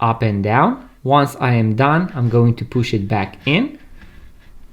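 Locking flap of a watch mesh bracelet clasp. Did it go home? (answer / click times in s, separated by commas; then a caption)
no / none. Someone talks while handling the locking flap of a Casio watch metal mesh bracelet clasp, which has just been slid up and down to a new position on the band. The flap is about to be pushed back down until it snaps shut. A couple of faint sharp ticks come near the end, but nothing has seated or clicked yet.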